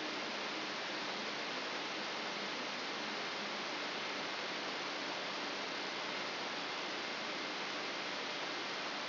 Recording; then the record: brain microelectrode recording played as sound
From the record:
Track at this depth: inside the subthalamic nucleus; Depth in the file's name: 5.101 mm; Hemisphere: left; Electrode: 3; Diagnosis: Parkinson's disease